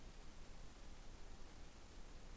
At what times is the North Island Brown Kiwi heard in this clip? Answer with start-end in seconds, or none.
none